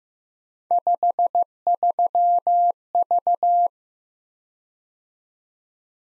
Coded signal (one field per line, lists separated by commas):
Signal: Morse code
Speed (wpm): 15 wpm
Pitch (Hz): 700 Hz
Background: none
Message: 53V